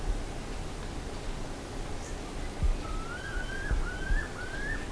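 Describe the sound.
Bird calls: after a quiet start, a few rising whistled notes in quick succession over low background noise.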